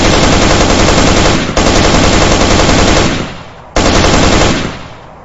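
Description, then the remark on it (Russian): Loud bursts of automatic rifle fire from a man standing upright spraying the enemy with an automatic weapon, rapid rattling shots in long sustained strings, with a short break and then another burst that trails off into fading echo. “вскочил во весь рост и принялся поливать противника из автомата.”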